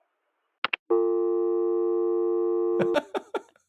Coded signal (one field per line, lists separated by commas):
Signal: telephone call progress tone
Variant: UK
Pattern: dial tone